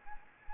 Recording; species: mosquito wingbeat signal from an infrared sensor; Anopheles arabiensis